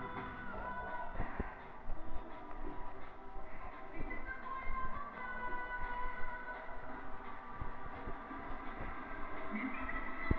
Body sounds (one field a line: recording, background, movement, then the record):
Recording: deep breathing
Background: music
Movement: walking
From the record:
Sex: female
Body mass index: 22.6 kg/m2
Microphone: on the chest, facing the body